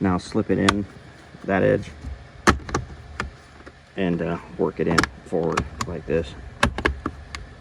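On a 2014 Ford Escape, a plastic center console trim piece is slipped in at one edge and worked forward into the center console while someone talks, with sharp plastic clicks and taps throughout. It seats with clicks at 6.6 s and 6.9 s as its lip tucks into place.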